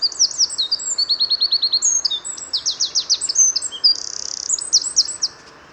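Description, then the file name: Eurasian wren singing a long, shrill, hurried phrase of piercing notes, quick trills and one buzzy rattle near the end before stopping abruptly. "Troglodytes troglodytes"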